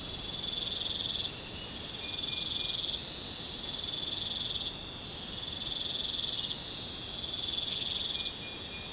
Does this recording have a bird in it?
no